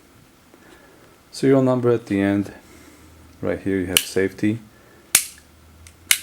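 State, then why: Seated. Someone talks, then flicks the manual safety lever on the frame of a Kel-Tec PMR-30 pistol between positions. It snaps into its detent with a sharp, positive click at 5.2 s and again at 6.1 s, with a faint tick at 5.9 s between them.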